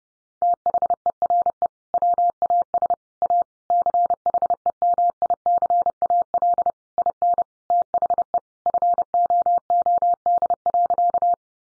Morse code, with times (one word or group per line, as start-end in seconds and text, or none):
0.4-1.7 THERE
1.9-2.9 WAS
3.2-3.4 A
3.7-6.7 CHEMICAL
7.0-7.4 IN
7.7-8.4 THE
8.7-11.3 FOOD.